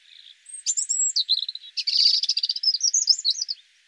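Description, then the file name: European robin song: a high, thin phrase of sweet whistles that breaks into rapid, tinkling trills and warbles, lasting about three seconds. "Erithacus rubecula"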